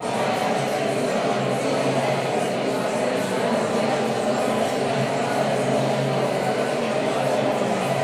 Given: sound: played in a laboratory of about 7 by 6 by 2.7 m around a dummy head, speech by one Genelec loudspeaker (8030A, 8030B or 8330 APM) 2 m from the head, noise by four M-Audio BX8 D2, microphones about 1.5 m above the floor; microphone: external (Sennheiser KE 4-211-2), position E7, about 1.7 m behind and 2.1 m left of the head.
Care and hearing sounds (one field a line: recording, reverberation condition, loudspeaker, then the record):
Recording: babble noise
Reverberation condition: high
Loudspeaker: four, about 170 cm from the corners of the room and facing them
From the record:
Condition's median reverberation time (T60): about 1300 ms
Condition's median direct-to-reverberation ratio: about -4.0 dB